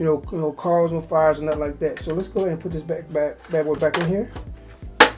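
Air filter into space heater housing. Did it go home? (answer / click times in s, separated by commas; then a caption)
yes / 5.0 s. Someone talks while a cleaned and dried air filter is pushed back into a Govee smart space heater's housing. The filter seats with a sharp snap at 5.0 s, snapping into place.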